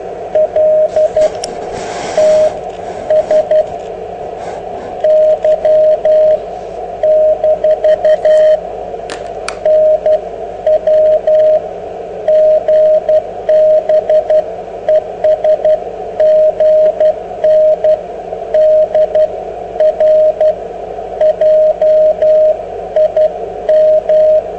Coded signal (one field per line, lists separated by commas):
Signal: Morse code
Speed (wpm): 12 wpm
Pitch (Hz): 620 Hz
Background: radio noise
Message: LTSY - NW GB ES GN DR JIM